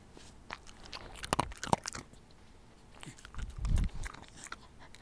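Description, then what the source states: Dog eating: irregular crunching and biting snaps, then heavier munching and chewing sounds toward the end. Dog eating snacks.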